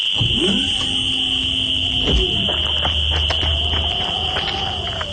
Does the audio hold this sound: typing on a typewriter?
no